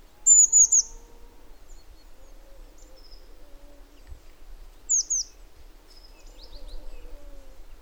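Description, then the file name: Eurasian blue tit calling with quick groups of high, sharply falling notes, heard twice a few seconds apart, then a fainter group near the end, with faint low tones in the background. "Cyanistes caeruleus"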